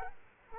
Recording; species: mosquito wingbeat signal from an infrared sensor; Culex quinquefasciatus